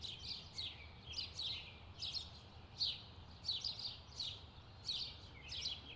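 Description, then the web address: Birds chirping, bursts of quick high downslurred notes, over a low, constant hum of ambient noise. Distant birds in a park. "sound-effects-bible Park Birds Distant"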